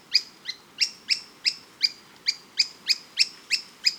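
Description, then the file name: Bird calling with high, sharp downslurred notes, a dozen or so delivered briskly at about three per second. "SABIOD 50 bird 2015"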